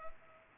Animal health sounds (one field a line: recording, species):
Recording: mosquito wingbeat signal from an infrared sensor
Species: Culex pipiens